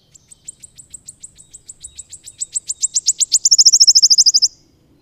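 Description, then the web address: Wood warbler song, a run of sharp high ticks that quickens and grows louder before breaking into a fast, shimmering trill lasting about a second. "agykontroll Madardalok Cd 1. Sisegő füzike"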